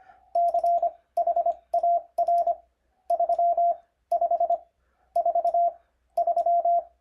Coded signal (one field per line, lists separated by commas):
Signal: Morse code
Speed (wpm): 25 wpm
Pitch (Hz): 690 Hz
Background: none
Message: CHAR 3543